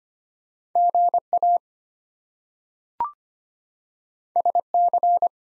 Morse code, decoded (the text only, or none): GA SC